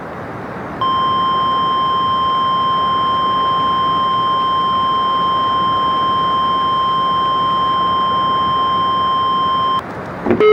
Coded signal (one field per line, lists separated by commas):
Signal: Emergency Alert System (SAME) tones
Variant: 1050 Hz attention tone